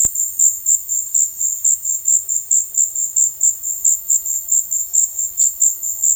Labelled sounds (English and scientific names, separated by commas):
none